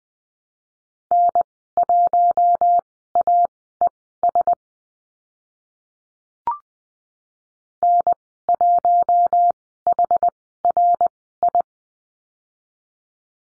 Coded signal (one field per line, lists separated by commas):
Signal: Morse code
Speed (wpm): 20 wpm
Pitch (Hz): 700 Hz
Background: none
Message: N1AES N1HRI